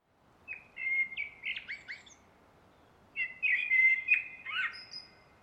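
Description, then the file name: Common blackbird, two warbling song phrases of clear whistles and quick higher squeaks over a faint steady background hiss. "Turdus merula"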